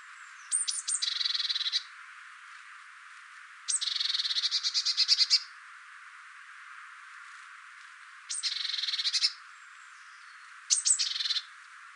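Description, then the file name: Eurasian blue tit giving four scolding bursts, each opening with thin high notes and breaking into a fast, harsh churring trill, spaced a few seconds apart over soft background hiss. "Cyanistes caeruleus"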